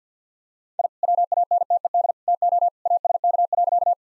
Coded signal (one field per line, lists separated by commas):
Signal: Morse code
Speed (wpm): 50 wpm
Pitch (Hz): 700 Hz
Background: none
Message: I WANTED TO ASK.